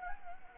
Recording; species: mosquito wingbeat signal from an infrared sensor; Anopheles arabiensis